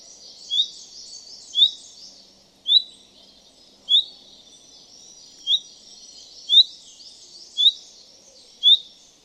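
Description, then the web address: Common chaffinch repeating a sharp, metallic rising call note about once a second, eight times in a row, with a steady high hiss behind. "Deverinetal"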